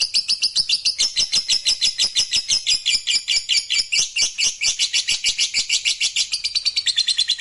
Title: Begitu Dengar Suara Lovebird FIGHTER NGEKEK PANJANG